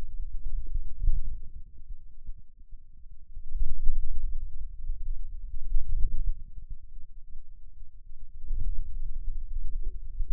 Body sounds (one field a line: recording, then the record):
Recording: forearm muscle sounds (acoustic myography)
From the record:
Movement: inward rotation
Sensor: system 2, bracelet of six BSWA MPA416 microphones around the upper forearm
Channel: 1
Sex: male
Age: 22 years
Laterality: right